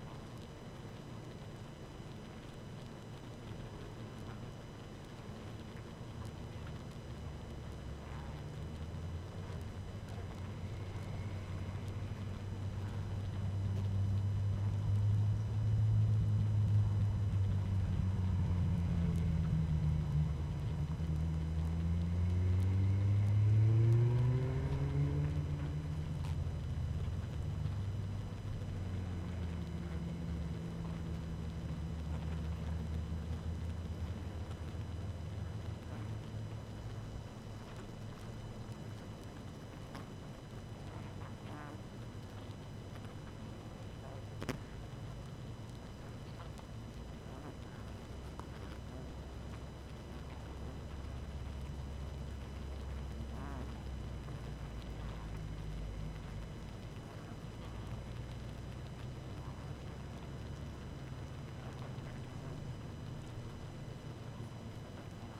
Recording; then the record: honeybee colony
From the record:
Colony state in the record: active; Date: 12 June 2018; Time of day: 18:47